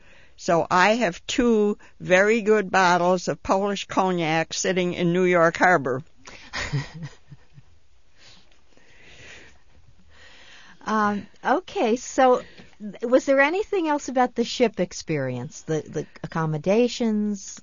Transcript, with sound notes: So I have two very good bottles of Polish cognac sitting in New York Harbor. (she laughs)
Okay. So, was there anything else about the ship experience? The accommodations, the...